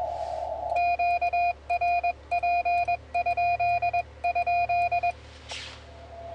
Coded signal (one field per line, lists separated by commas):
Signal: Morse code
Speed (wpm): 21 wpm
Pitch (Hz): 2450 Hz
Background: none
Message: QRP??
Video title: FK8DD/m QSO with 9A5BD on 20m 03/09/2015